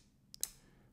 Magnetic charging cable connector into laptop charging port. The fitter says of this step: It snaps into place just like that.